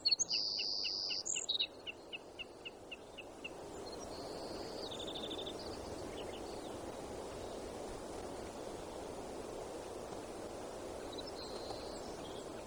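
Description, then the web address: Savannah sparrow song opens with chips and a high buzzy trill, followed by a run of rapid ticks and fainter buzzy phrases later, against continuous hiss. Bird in Alaska, recorded 7 June 2018 at 02:55. "alaska. BIRDS. 20180607 025501. Savannah"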